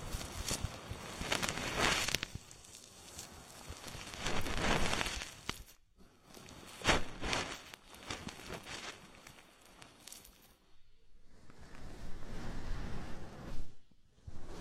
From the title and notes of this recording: Body oil massage and bubble bath.